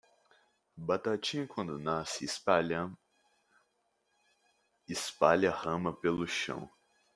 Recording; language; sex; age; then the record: short text; Brazilian Portuguese; male; 18 to 19 years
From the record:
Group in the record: control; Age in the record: 18 years